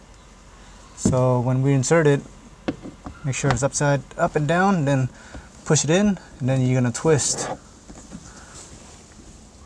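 Someone talks while handling the rear view mirror base of a 2003-2007 Honda Accord at the windshield mounting button, with brief sharp handling sounds around 2.7 and 3.1 seconds. The mirror base is being held vertically to be pushed in and twisted onto the mount, but nothing has seated or snapped yet.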